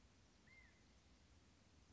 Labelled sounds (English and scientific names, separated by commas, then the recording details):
California Quail (Callipepla californica)
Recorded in Sonoma County, California